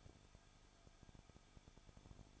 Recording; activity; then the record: daily activity, microphone in the room; no activity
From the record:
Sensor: 5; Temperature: 20.9 degrees Celsius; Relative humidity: 35.1%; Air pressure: 994.6 hPa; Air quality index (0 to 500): 153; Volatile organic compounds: 2 ppm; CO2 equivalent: 1278 ppm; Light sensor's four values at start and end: 2/3/1/1 and 2/3/1/1